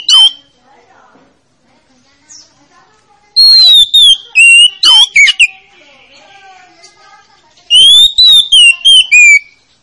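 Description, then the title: Oriental magpie-robin song: clear whistled notes sliding downward, mixed with quick chips, in two main phrases with a quieter pause between. Lure to make a reluctant magpie-robin that is slow to sing start singing. "Pancingan Kacer Yg Malas Bunyi"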